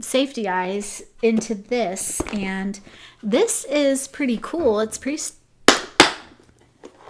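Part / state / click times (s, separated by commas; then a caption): plastic organizer case lid latching onto the case body / seated / 5.7 s, 6.0 s. Someone talks, then closes the lid of a plastic small-parts organizer case that holds safety eyes. Its latches snap shut onto the case body with two sharp clicks at 5.7 s and 6.0 s, showing the case is securely latched.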